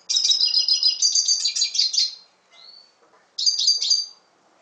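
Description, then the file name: Red siskin song: a rapid high twittering phrase of about two seconds, a soft thin whistle, then a shorter burst of chattering notes. "Canto del Cardenalito"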